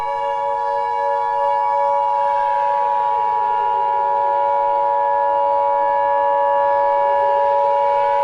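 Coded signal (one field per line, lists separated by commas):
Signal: Emergency Alert System (SAME) tones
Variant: 853 and 960 Hz attention tone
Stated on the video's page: Fictional mock scenario about an asteroid impact; contains valid tones.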